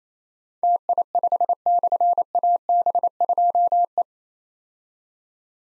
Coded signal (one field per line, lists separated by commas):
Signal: Morse code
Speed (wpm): 29 wpm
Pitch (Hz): 700 Hz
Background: none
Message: TI5/AB2E